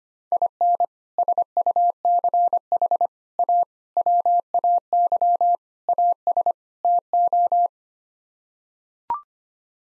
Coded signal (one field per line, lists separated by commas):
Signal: Morse code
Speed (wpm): 25 wpm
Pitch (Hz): 700 Hz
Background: none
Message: IN SUCH A WAY AS TO